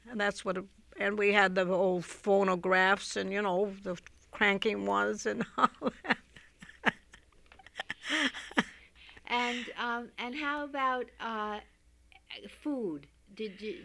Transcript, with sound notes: And that's what, and we had the old phonographs, and you know, the cranking ones, and all of that. (she laughs)
And how about food? Did you always...